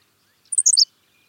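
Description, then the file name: Henslow's sparrow song: a single very short, high, dry hiccup of clipped notes, lasting about half a second, in otherwise silent surroundings. "Ammodramus henslowii - Henslow's Sparrow"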